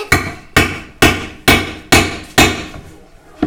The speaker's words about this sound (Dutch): In het midden? Ja. Gaan gat geslagen worden.